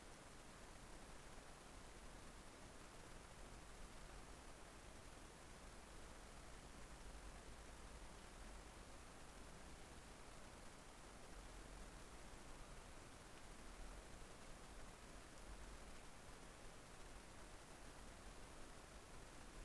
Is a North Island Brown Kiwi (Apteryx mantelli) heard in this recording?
no